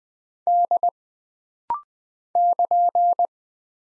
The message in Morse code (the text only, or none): D <KN>